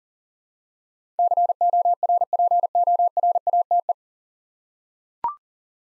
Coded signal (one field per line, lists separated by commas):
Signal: Morse code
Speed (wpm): 37 wpm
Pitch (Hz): 700 Hz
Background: none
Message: CORPORATE